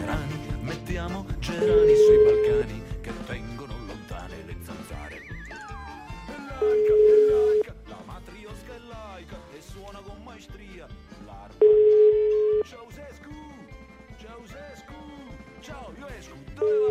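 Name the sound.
telephone call ringing tone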